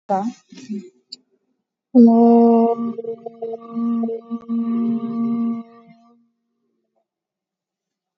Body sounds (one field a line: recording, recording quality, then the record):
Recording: sustained vowel as in boot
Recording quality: moderate, slight background noise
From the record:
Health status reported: COVID-19 positive, mild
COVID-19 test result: positive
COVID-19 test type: RT-PCR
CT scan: taken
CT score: 8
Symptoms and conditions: cough, sore throat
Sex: female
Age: 30 years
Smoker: no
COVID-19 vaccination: both doses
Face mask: worn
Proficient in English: yes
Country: India